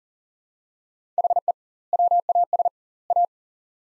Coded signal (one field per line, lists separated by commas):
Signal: Morse code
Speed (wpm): 40 wpm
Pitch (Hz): 700 Hz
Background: none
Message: HE WAS A